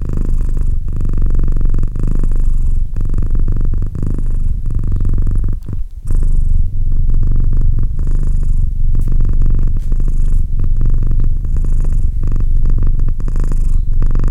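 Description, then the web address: Domestic cat purr, deep and steady, swelling and fading in rhythmic breath cycles with a short break near the middle. "Cat Purr 201308 Cat purr"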